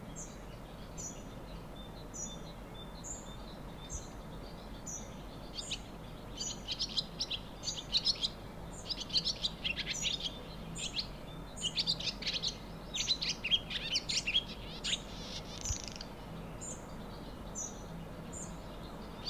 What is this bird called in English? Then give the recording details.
Barn Swallow. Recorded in the wild. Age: adult. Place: Untertweng, AT. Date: 1972-05-12. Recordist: Brunner, Thomas. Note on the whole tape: Ufnahme: Untertweng, Gegental, Kärnten